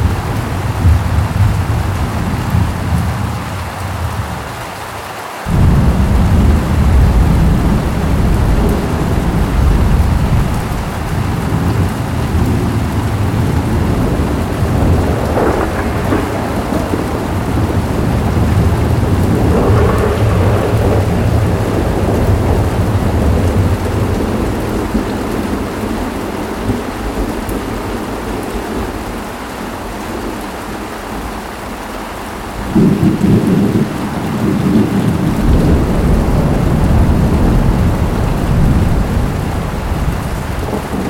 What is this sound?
Thunder & Rainstorm with River Water Sounds